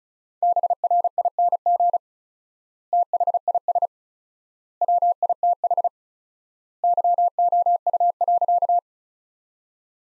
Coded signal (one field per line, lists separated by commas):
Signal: Morse code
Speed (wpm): 36 wpm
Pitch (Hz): 700 Hz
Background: none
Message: BRING THIS WITH YOU.